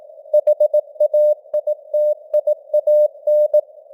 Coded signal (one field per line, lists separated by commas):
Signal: Morse code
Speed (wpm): 18 wpm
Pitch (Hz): 600 Hz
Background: none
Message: HAITIAN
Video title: Morse Code News | 2025-10-09 | 18wpm